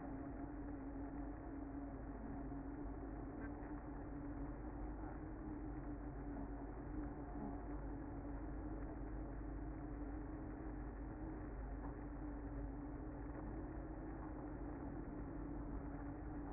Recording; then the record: honeybee colony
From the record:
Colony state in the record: active